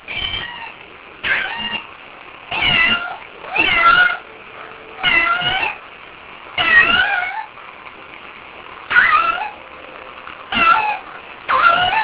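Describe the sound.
Cat meowing repeatedly, drawn-out wavering meows every one to two seconds with quiet pauses between.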